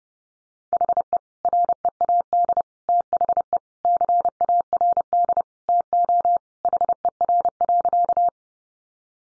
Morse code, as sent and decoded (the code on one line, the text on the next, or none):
.... . / .-. . .- -.. / - .... . / -.-. .- .-. -.. / - --- / .... . .-. .-.-.-
HE READ THE CARD TO HER.